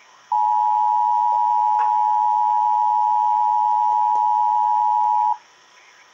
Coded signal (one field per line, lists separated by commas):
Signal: Emergency Alert System (SAME) tones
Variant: 853 and 960 Hz attention tone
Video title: EAS 513 High Wind Warning NWS Bismarck